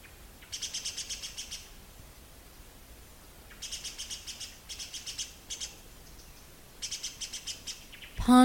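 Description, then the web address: Great spotted woodpecker alarm cries: fast chattering strings of sharp, high notes in several bursts separated by pauses. Cries of a disturbed bird. "cries of a disturbed great spotted woodpecker dendrocopos major"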